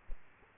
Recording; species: mosquito wingbeat signal from an infrared sensor; Culex quinquefasciatus